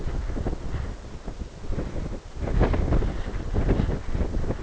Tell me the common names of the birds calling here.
none